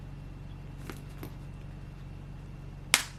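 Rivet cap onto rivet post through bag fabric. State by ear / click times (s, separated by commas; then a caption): seated / 2.9 s. A 10 mm rivet cap is pressed by hand onto a rivet post pushed through a hole in a quilted fabric bag. Two faint taps come at about 0.9 and 1.2 seconds, then a sharp, loud snap at 2.9 seconds as the cap clicks closed onto the post. The cap is seated, though the rivet still needs to be set with a tool.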